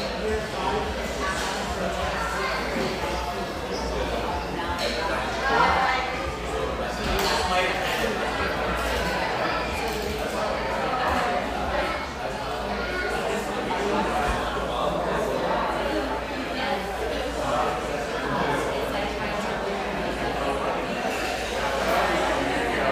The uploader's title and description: Laguna Beach, California. The coffee rush fades to a mid-morning lull in this sunlight coffeehouse, tucked behind a bakery near this coastal California paradise